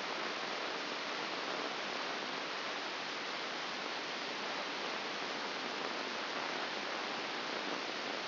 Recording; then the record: brain microelectrode recording played as sound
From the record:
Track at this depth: outside the subthalamic nucleus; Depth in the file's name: 5.501 mm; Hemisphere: left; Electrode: 2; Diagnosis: Parkinson's disease